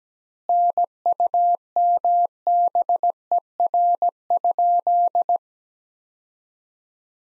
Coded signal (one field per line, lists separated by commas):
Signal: Morse code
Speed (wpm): 17 wpm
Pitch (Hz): 700 Hz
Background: none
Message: NUMBER?